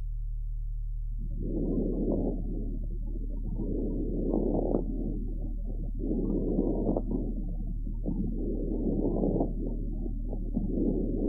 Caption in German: Pathologische Geräusche bei chronischer Bronchitis. Lässt sich das pathologische Atemgeräusch nur am Ende einer sehr tiefen Inspiration wahrnehmen.